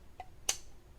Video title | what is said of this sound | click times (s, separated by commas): J&L Oil Separator Co. 2022-2024 Ford Maverick 2.0L EcoBoost Install 3044D | and go and Route this hose to that intake manifold fitting once it engages you'll hear a snap | 0.5 s